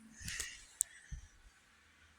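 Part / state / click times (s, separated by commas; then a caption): folding seatback latch into its car seat frame striker / seated / 0.8 s. The folding seatback of a swapped tan leather rear seat in a 2007 Grand Prix GXP is raised back upright after being folded down, with soft rustling and a few low knocks around it. A sharp, loud latch click comes at 0.8 s as the seatback latch locks into its seat frame striker, followed by a dull thud just after 1.1 s. The seatback is latched upright and locked in place.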